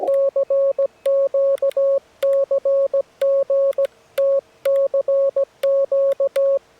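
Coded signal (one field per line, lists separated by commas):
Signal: Morse code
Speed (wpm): 17 wpm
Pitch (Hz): 550 Hz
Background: none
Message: CQ CG T CQ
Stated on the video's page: Parks on the Air activation from a rare park, operating CW.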